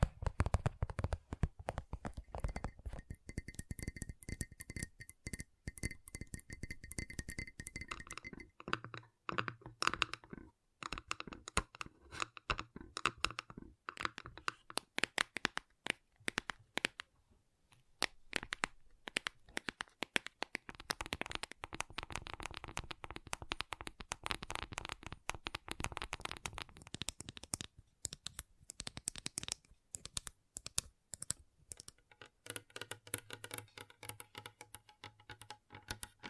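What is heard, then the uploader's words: Gentle, rapid tapping, dense clicky bursts with brief pauses and a soft steady tone underneath. ASMR Gentle Tapping You Will Fall Asleep To (No Talking).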